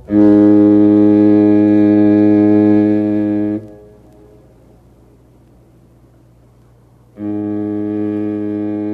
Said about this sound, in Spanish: Sonaba la sirena de un barco.